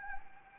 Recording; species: mosquito wingbeat signal from an infrared sensor; Anopheles gambiae